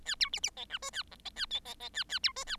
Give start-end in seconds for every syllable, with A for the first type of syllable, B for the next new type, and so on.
0.05-0.15 A, 0.20-0.29 B, 0.33-0.40 C, 0.43-0.50 C, 0.56-0.65 D, 0.69-0.78 E, 0.82-0.91 F, 0.93-1.03 A, 1.11-1.15 G, 1.25-1.30 D, 1.35-1.46 A, 1.50-1.60 D, 1.65-1.74 D, 1.80-1.89 D, 1.93-2.04 A, 2.09-2.19 A, 2.23-2.32 B, 2.36-2.44 F, 2.46-2.56 A